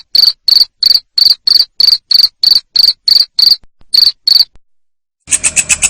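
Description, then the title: Cricket chirps, sharp high bursts about three per second, then a short pause and a brief, harsher burst of quicker pulses at the end. Loud cricket chirping played to make lovebirds sing ngekek continuously. "Suara JANGKRIK NGERIK Keras Bikin LOVEBIRD Jadi NGEKEK Terus Vubey"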